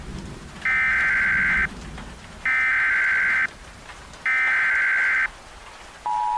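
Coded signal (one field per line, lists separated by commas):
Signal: Emergency Alert System (SAME) tones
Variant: header bursts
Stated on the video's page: Fictional EAS scenario.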